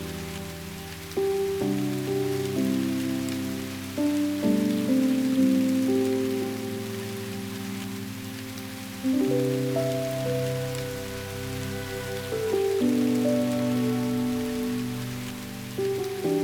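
Soft rain makes a steady, fine hiss throughout. Over it, low sustained chords hold and then shift every few seconds, with sharper changes near 9 and 13 seconds. The loudness stays fairly even, rising slightly where new chords enter.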